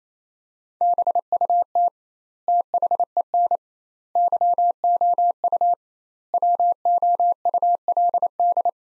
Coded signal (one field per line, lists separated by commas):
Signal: Morse code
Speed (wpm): 28 wpm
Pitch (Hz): 700 Hz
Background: none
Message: BUT THEN YOU WOULD